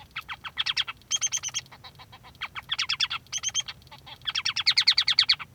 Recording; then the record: song of a male Bengalese finch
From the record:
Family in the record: son of father 3